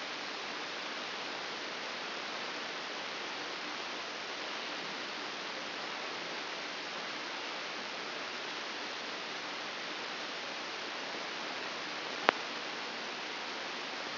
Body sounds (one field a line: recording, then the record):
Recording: brain microelectrode recording played as sound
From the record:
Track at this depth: outside the subthalamic nucleus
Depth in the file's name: 8.104 mm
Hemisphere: left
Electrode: 2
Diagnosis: Parkinson's disease